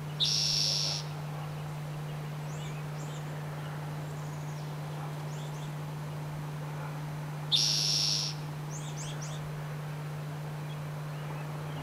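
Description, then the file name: Towhee giving two high, harsh calls about seven seconds apart over a constant low hum. Call; recorded 12 April 2007. "towhee Call 1 04122007"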